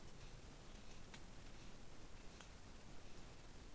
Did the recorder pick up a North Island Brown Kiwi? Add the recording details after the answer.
no. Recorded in New Zealand on 20 November 2013. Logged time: 21:14. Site CG22